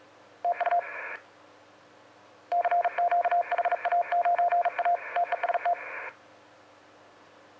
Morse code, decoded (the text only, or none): TU CQ HA9A TEST